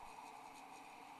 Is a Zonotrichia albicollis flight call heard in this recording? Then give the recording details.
no. No flight call is heard. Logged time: 05:53 on 12 December 2014